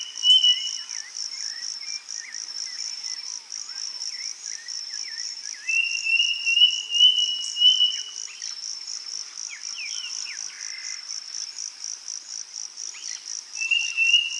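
Bird calls: scattered thin whistled notes, some in short runs, with a few faint chirps, over a continuous pulsing high-pitched insect trill.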